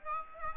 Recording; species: mosquito wingbeat signal from an infrared sensor; Aedes aegypti